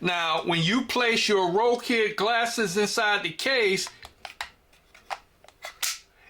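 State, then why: Seated. Someone talks, then Rokid AI smart glasses are set into their charging case and snap onto the magnetic charging pin with a sharp click at 4.4 s. A few softer taps and clicks follow as the glasses settle, and they are seated on the charger.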